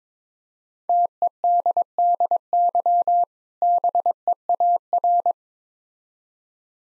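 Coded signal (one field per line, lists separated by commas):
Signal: Morse code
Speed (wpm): 22 wpm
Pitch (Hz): 700 Hz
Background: none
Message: TEDDY BEAR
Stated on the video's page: Morse code practice set at 22 wpm: difficult words sent with contextual hints for copying practice.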